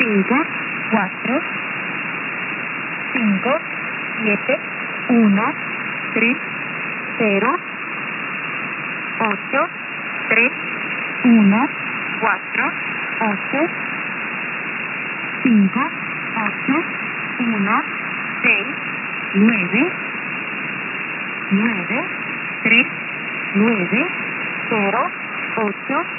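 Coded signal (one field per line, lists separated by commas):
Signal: numbers station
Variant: V07 Spanish Lady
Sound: a voice reading short evenly spaced words, like numbers, over steady radio hiss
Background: radio static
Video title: V07 "The Spanish Lady," numbers station, 14774 kHz USB, 20 FEB 2022, 01:20 UTC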